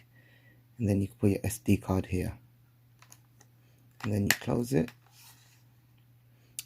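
Someone talks while closing the plastic battery and memory card compartment door on the bottom of a Sony Cybershot H400 bridge camera. A few faint ticks come between the phrases, then a single sharp snap at 6.6 s as the door latches shut.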